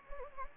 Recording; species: mosquito wingbeat signal from an infrared sensor; Anopheles gambiae